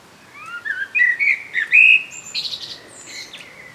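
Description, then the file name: Common blackbird song, a mellow fluted warble rising and falling, ending in a squeaky high twitter. "Turdus merula"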